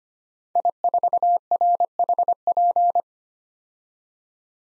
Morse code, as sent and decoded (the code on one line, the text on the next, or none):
.. ....- .-. .... .--.
I4RHP